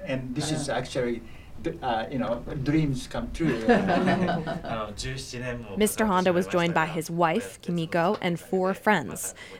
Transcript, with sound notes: And this is actually dreams come true.
(Laughs)
Mr. Honda was joined by his wife Kimiko and four friends: